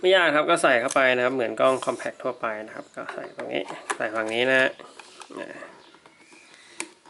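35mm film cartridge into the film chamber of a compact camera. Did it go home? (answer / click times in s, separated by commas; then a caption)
yes / 6.8 s. A 35mm film cartridge is inserted into the film chamber of a Ricoh Y-20 compact film camera while someone talks. After the talking stops, faint handling sounds lead to a sharp click at 6.8 s as the cartridge locks into place.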